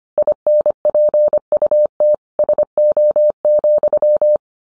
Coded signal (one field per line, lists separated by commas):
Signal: Morse code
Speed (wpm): 25 wpm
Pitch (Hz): 600 Hz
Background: none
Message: INPUT SO,